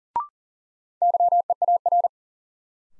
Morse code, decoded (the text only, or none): YEAR